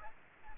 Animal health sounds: mosquito wingbeat signal from an infrared sensor; Aedes albopictus

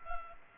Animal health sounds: mosquito wingbeat signal from an infrared sensor; Culex pipiens

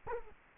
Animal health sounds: mosquito wingbeat signal from an infrared sensor; Culex quinquefasciatus

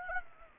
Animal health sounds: mosquito wingbeat signal from an infrared sensor; Aedes aegypti

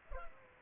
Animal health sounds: mosquito wingbeat signal from an infrared sensor; Culex pipiens

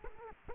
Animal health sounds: mosquito wingbeat signal from an infrared sensor; Culex quinquefasciatus

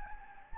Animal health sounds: mosquito wingbeat signal from an infrared sensor; Anopheles gambiae

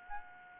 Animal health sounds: mosquito wingbeat signal from an infrared sensor; Aedes albopictus

